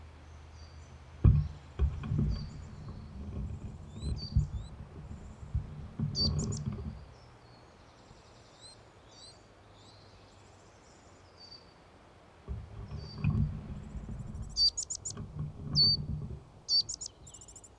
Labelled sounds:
Marsh Tit (Poecile palustris)

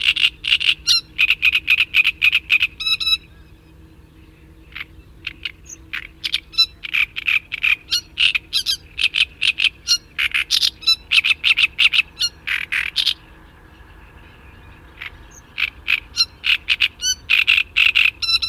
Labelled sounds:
Great Reed Warbler (Acrocephalus arundinaceus) song

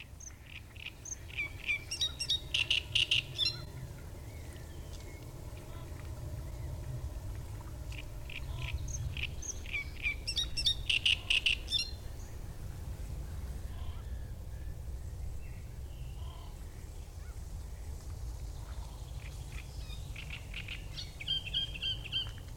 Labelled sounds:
Great Reed Warbler (Acrocephalus arundinaceus)

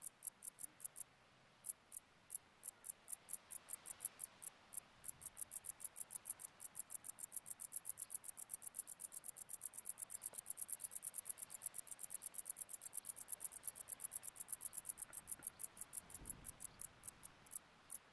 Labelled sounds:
Wartbiter (Decticus verrucivorus) stridulation

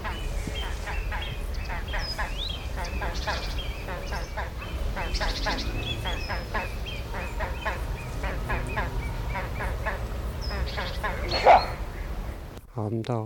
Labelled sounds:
Great Crested Grebe (Podiceps cristatus) call

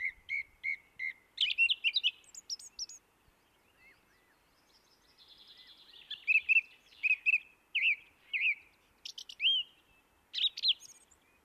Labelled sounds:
Song Thrush (Turdus philomelos) song

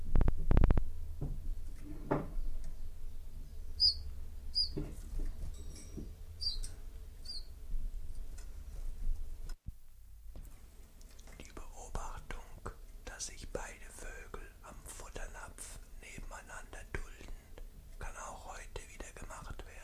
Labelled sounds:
Common Chiffchaff (Phylloscopus collybita) song

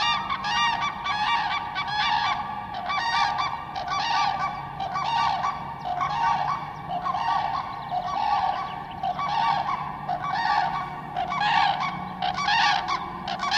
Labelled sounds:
Common Crane (Grus grus) call

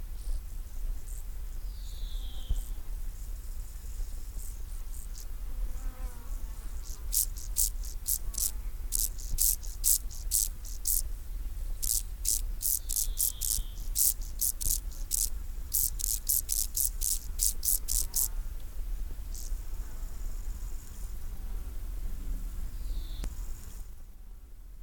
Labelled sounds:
Field Grasshopper (Chorthippus brunneus) stridulation

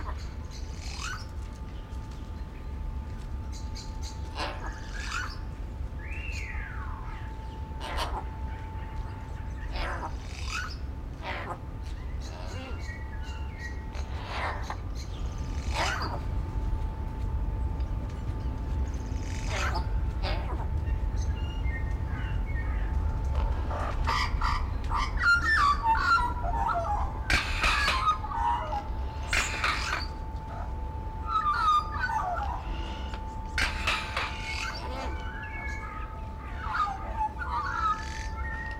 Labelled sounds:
Yellow-faced Myna (Mino dumontii) call

